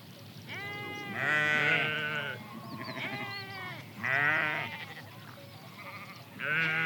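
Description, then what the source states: Sheep: several quavering bleats separated by short pauses, some louder than others, the last starting at the very end. Recorded close up, 2 March 2008.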